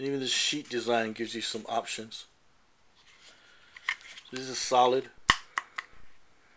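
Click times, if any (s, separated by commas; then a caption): 5.3 s. Someone talks while a Benchmade HK 14100 fixed-blade knife is pushed into its molded Zytel nylon-resin sheath. The retention catches with a sharp snap at 5.3 s, followed by a few lighter ticks. The knife is seated solidly in the sheath.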